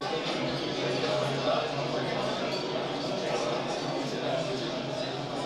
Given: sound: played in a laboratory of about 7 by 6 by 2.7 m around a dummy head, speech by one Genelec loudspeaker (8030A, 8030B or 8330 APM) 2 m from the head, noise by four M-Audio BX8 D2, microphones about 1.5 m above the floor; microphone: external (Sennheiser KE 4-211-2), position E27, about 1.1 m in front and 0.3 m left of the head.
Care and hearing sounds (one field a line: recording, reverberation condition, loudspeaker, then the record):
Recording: cafeteria noise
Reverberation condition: medium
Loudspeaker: four, about 170 cm from the corners of the room and facing them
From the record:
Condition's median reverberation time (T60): about 510 ms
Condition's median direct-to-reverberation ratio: about -0.5 dB